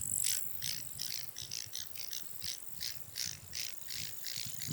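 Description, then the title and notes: Bush crickets and grasshoppers stridulating, with rasping pulses repeated a few times a second over a steady high-pitched hiss and a low rumble beneath. Wild insect chorus in Khustain Nuruu National Park, a biosphere reserve 100 km west of Ulaanbaatar, Mongolia, dated 16.08.30; thought to represent the park's ten bush cricket and 29 grasshopper species. "Khustain National Park. 16.08.30. Khustain Nuruu National Park. some of the 385 species of insects can be heard in this clip. It sounds like a fair representation of the ten species of bush cricket and 29 of grasshopper"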